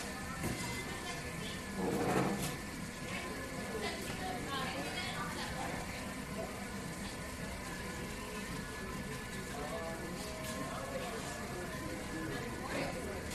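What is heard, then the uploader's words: A busy coffee shop with a constant wash of overlapping voices and murmur filling the room at a steady level. A louder burst of sound rises around two seconds in, and small clinks and knocks come through at scattered moments over a low rumble. This episode of the White Noise Podcast is A COFFEE SHOP.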